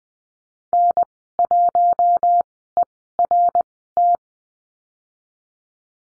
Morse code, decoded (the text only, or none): N1ERT